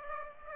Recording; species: mosquito wingbeat signal from an infrared sensor; Aedes aegypti